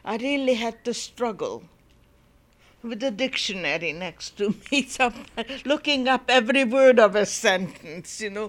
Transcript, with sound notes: I really had to struggle with a dictionary next to me ( she laughs ) looking up every word of a sentence, you know.